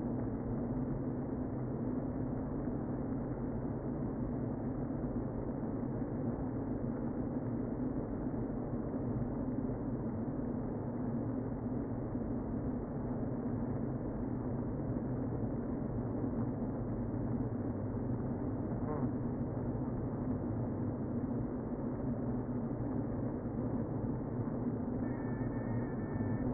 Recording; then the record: honeybee colony, microphone inside the hive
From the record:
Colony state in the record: queen present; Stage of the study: before two queens were removed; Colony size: about 60,000 bees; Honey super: yes